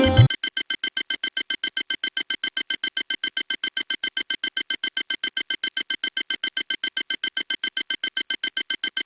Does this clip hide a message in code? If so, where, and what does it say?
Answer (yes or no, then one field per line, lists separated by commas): no